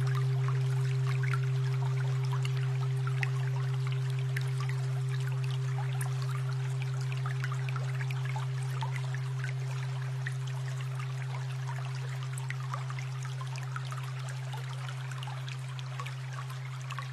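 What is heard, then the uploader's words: A steady low tone near 125.28 Hz hums unbroken for the whole clip, with a fainter, higher tone held above it. Over this runs a dense, even patter of trickling water, many small bright drips and splashes, constant throughout. 125.28 Hz.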